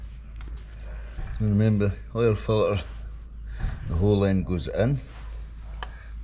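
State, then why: Seated. An oil filter's end is pushed into the filter housing of a KTM 1290 SAS motorcycle engine during a Castrol oil change while someone talks. A sharp, brief click is heard at 5.8 s as the filter clips into place and is seated.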